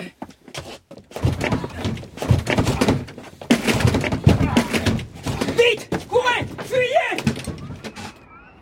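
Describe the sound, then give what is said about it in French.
The back door of a farmhouse, opening onto a path, is battered open: a series of loud, irregular thuds and bangs, followed by strained voiced grunts and exclamations near the end. “La porte de derrière, elle donne sur un sentier. Je vais la défoncer.”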